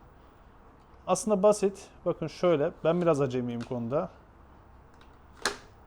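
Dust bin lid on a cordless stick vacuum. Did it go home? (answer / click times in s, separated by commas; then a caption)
released / 5.5 s. Someone talks from about 1.1 to 4.1 s, then the bin release on a Dyson Gen5detect cordless stick vacuum is pushed. The plastic dust bin lid snaps open with a sharp click at 5.5 s so the bin can be emptied.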